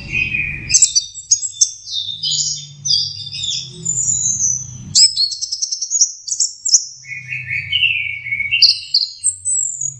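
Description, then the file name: Orange-headed thrush song: a rich, varied run of high whistled and trilled phrases with quick rising and falling notes, over intermittent low rumbling. Masteran (training) recording. "suara masteran anis merah"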